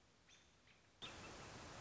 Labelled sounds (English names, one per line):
American Robin